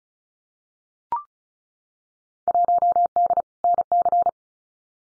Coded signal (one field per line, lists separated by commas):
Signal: Morse code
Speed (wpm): 34 wpm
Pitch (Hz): 700 Hz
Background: none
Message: 1D NC